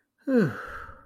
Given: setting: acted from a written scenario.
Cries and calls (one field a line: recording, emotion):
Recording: vocal sound without words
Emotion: relief